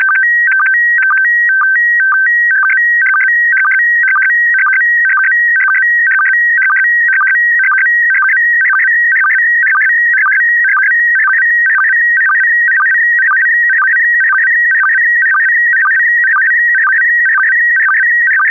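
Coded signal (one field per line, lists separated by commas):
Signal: SSTV (slow-scan television)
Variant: PD120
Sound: warbling tones stepping between pitches, with short low chirps about twice a second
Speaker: yep yep absolutely it's going to be PD 120 PD 120.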